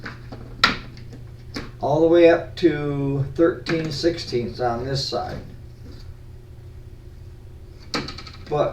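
A 3/4 inch drive socket set is handled, with the case latch or socket rail being fitted so it can snap into its holder and hang on the wall. Someone talks throughout, with sharp knocks and clacks at about 0.6 s and 7.9 s. Nothing has snapped or seated yet.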